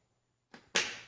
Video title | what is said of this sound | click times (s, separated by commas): 2013-2015 RX350 F Sport - Changing Front Turn Signals To LED | You'll hear a click, so it should be loosened after that. | 0.8 s